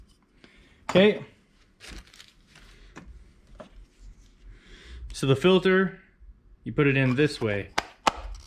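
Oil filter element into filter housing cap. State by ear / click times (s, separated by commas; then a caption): seated / 8.1 s. A new paper oil filter element for a 2021 Kia Rio is pushed into the plastic filter housing cap in the correct orientation while someone talks. Faint handling taps and rustles lead up to a single sharp click at 8.1 s as the element seats in the housing cap.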